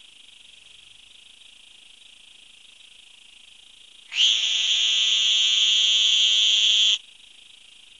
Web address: Songs of Frogs Toads of North America. Sonoran Green Toad